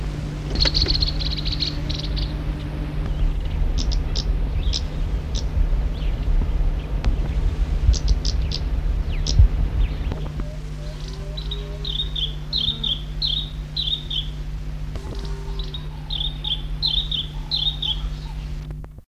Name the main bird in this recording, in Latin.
Sylvietta rufescens